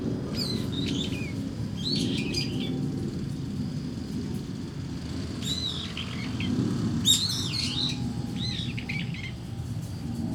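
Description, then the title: Starling singing in bursts of squeaky, buzzy whistled notes, pausing between phrase groups, with a continuous low hum of traffic underneath. Singing in a tree in Kiyosumi garden, Tokyo, Japan, with crickets and cars; recorded binaurally with DPA 4060 microphones on a Deity PR-2. "Kiyosumi garden, Tokyo, Japon - Starling in a tree"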